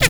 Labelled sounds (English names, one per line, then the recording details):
Zebra Finch tet call
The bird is a female
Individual fem2